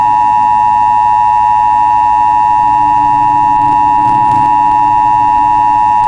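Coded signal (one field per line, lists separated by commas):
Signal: Emergency Alert System (SAME) tones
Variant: 853 and 960 Hz attention tone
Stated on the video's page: Fictional analog-horror EAS scenario using valid tones generated by an EAS encoder.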